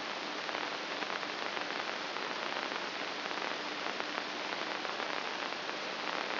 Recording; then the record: brain microelectrode recording played as sound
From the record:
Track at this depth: outside the subthalamic nucleus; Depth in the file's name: 1.938 mm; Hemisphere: left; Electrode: 2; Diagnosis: Parkinson's disease